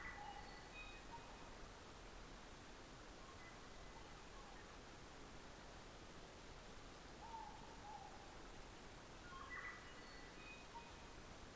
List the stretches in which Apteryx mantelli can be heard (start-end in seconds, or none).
none